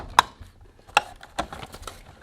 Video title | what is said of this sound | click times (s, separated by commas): Install Faux Window Blinds / Shades | and you can kind of hear it snap in when you go | 0.2 s, 1.0 s